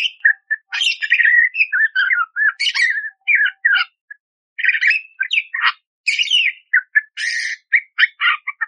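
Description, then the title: Budgerigar warbling song, a dense run of chattering, whistled and scratchy notes with one short pause midway. Masteran training recording of a budgerigar chattering clearly with harsh 'tembakan' fill, intended for training kacer (magpie-robin). "Masteran Burung Parkit Gacor Jernih Full Isian Tembakan Kasar Cocok Buat Kacer"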